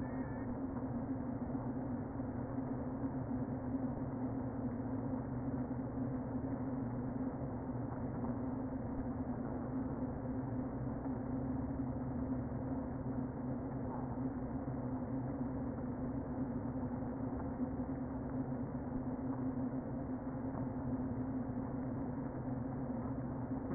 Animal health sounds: honeybee colony, microphone inside the hive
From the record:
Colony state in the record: queen present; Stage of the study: before two queens were removed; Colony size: about 60,000 bees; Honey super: yes

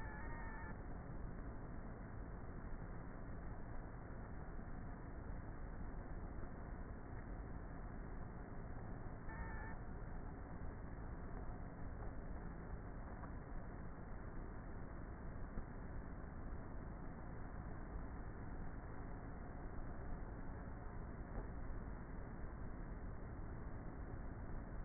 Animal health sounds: honeybee colony, microphone inside the hive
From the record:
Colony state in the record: queenless with a low population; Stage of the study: before two queens were removed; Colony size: about 30,000 bees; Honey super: no

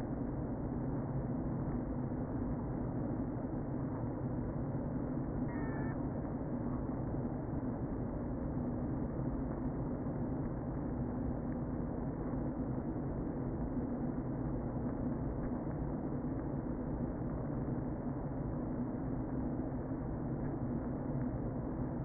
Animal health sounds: honeybee colony, microphone inside the hive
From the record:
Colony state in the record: queen present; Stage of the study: before two queens were removed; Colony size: about 60,000 bees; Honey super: yes

